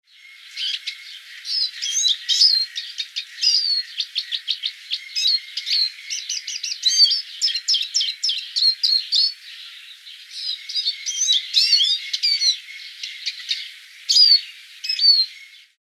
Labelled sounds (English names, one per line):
Eurasian Siskin